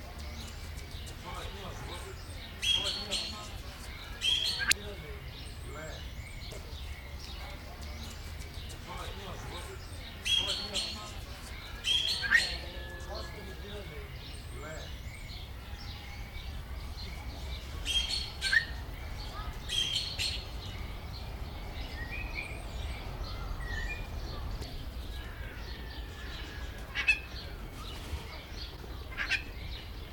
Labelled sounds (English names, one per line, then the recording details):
Crested Myna call
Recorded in captivity
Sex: diverse
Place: Zoo Berlin, Berlin, DE
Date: 1996-04-06 16:16
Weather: heiter, 10 - 16°C
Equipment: Sony MD-WM MZ-R3, Sennheiser MKH 416 T, Kopie Uher 4000 Report Monitor
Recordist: Tembrock, Günter